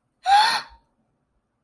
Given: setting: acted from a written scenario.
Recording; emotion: vocal sound without words; fear